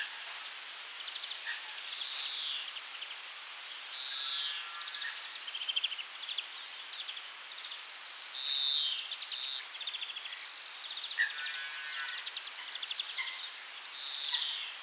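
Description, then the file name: European greenfinch song: long sequence of wheezy buzzes, dry trills and twittering notes over background hiss. "Chloris chloris"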